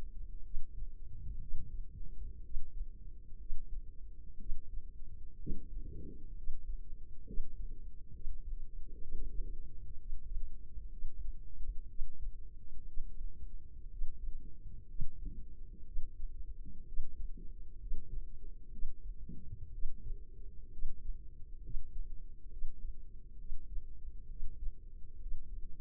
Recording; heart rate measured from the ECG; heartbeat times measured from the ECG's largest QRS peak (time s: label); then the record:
heart sounds by microphone in the left ear; 63 bpm
0.39 s: heartbeat
1.36 s: heartbeat
2.39 s: heartbeat
3.34 s: heartbeat
4.35 s: heartbeat
5.34 s: heartbeat
6.32 s: heartbeat
7.22 s: heartbeat
8.09 s: heartbeat
8.97 s: heartbeat
9.94 s: heartbeat
10.86 s: heartbeat
11.84 s: heartbeat
12.82 s: heartbeat
13.86 s: heartbeat
14.84 s: heartbeat
15.81 s: heartbeat
16.82 s: heartbeat
17.75 s: heartbeat
18.67 s: heartbeat
19.68 s: heartbeat
20.67 s: heartbeat
21.58 s: heartbeat
22.46 s: heartbeat
23.34 s: heartbeat
24.25 s: heartbeat
25.15 s: heartbeat
From the record:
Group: healthy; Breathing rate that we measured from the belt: 16 breaths a minute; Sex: female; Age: 23 years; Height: 160 cm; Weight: 50.4 kg